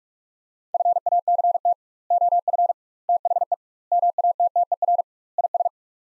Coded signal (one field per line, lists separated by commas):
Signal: Morse code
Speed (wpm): 44 wpm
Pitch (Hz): 700 Hz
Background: none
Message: FACT OF THE MATTER IS